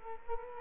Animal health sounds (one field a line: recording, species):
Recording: mosquito wingbeat signal from an infrared sensor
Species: Culex quinquefasciatus